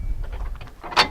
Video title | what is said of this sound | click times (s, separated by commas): Jeep 4x4 School | can hear you can see the pins popping in and out and hear the clicks and | 0.6 s, 0.7 s